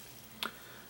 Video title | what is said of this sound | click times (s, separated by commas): Collectible Spot - Spinmaster Toys Pokemon Ionix Pikachu | the only last thing we need for Pikachu is his tail which snaps into place just like that | 0.4 s